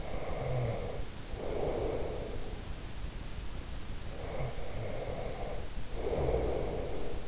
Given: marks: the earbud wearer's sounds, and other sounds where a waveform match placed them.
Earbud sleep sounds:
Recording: sounds in sleep by an in-ear microphone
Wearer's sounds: snoring breath, breath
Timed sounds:
0.00-2.66 s: snoring breath
3.97-7.28 s: breath

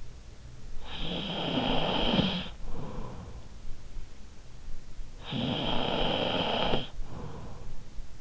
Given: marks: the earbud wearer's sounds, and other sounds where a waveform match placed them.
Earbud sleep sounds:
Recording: sounds in sleep by an in-ear microphone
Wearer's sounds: snoring breath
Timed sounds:
0.69-4.21 s: snoring breath
5.07-8.21 s: snoring breath

